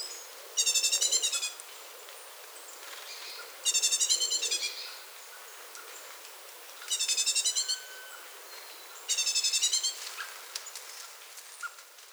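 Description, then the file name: Great tit giving four scolding rattles, each a quick series of rasping pulses about a second long, spaced roughly three seconds apart. "Parus major"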